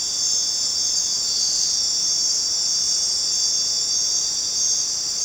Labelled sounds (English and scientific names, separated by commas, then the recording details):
none
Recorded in dense forest near Puerto Asís, Putumayo, Colombia, on 29 June 2025 at 19:00
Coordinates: 0.484, -76.317
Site G045